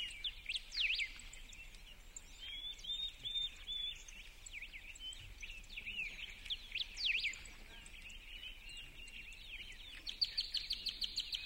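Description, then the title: Birds chirping in a busy high chorus of short twitters and thin whistles, with a faint background hiss. Birds chirping at dawn in a village. "The chirping of birds at dawn in the village"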